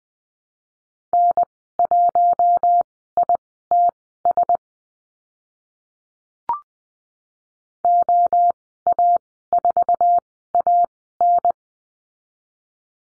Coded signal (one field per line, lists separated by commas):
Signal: Morse code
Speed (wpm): 20 wpm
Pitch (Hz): 700 Hz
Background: none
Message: N1ITS OA4AN